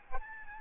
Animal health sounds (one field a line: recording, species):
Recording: mosquito wingbeat signal from an infrared sensor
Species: Aedes albopictus